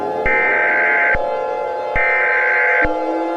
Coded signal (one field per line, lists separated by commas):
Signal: Emergency Alert System (SAME) tones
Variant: header bursts